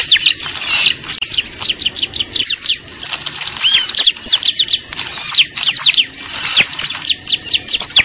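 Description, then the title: Lovebird calls: sharp, shrill chirps and squeaks in rapid clusters, with short pauses between bursts of overlapping notes. Lure recording used to attract birds (pikat). "PIKAT BURUNG LOVEBIRD"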